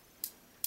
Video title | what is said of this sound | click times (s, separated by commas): 2015 LEGO Technic Driving Rings and Clutch Gears | You can see there it engages in one click, | 0.2 s